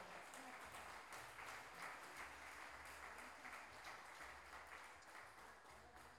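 Sustained audience applause at the first Encuentro Pluricultural Pueblo de las Lenguas Vivas in Salta, a dense steady wash of many hands clapping at constant loudness for several seconds, with faint voices mixed in underneath.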